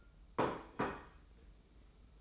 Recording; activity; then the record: daily activity, microphone in the room; place plate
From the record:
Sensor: 1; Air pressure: 990.9 hPa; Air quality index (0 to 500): 134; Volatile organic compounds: 473 ppm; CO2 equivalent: 4783 ppm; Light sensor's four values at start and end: 24/57/24/26 and 24/57/24/26